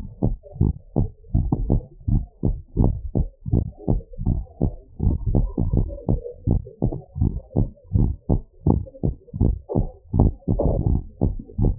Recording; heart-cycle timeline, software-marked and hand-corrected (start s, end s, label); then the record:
heart sounds
0.01	0.23	systole
0.23	0.35	S2
0.35	0.61	diastole
0.61	0.75	S1
0.75	0.97	systole
0.97	1.07	S2
1.07	1.35	diastole
1.35	1.47	S1
1.47	1.69	systole
1.69	1.81	S2
1.81	2.09	diastole
2.09	2.23	S1
2.23	2.45	systole
2.45	2.57	S2
2.57	2.79	diastole
2.79	2.95	S1
2.95	3.17	systole
3.17	3.27	S2
3.27	3.51	diastole
3.51	3.65	S1
3.65	3.89	systole
3.89	4.01	S2
4.01	4.27	diastole
4.27	4.41	S1
4.41	4.63	systole
4.63	4.75	S2
4.75	5.05	diastole
5.05	5.19	S1
5.19	5.39	systole
5.39	5.51	S2
5.51	5.75	diastole
5.75	5.89	S1
5.89	6.09	systole
6.09	6.19	S2
6.19	6.47	diastole
6.47	6.61	S1
6.61	6.83	systole
6.83	6.95	S2
6.95	7.21	diastole
7.21	7.33	S1
7.33	7.57	systole
7.57	7.69	S2
7.69	7.95	diastole
7.95	8.11	S1
8.11	8.31	systole
8.31	8.41	S2
8.41	8.67	diastole
8.67	8.83	S1
8.83	9.05	systole
9.05	9.15	S2
9.15	9.41	diastole
9.41	9.57	S1
9.57	9.77	systole
9.77	9.87	S2
9.87	10.15	diastole
10.15	10.33	S1
10.33	10.55	systole
10.55	10.63	S2
10.63	10.87	diastole
10.87	11.01	S1
11.01	11.23	systole
11.23	11.35	S2
11.35	11.63	diastole
11.63	11.77	S1
11.77	11.79	systole
From the record:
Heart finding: normal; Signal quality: good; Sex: female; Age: 59 years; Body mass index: 31.4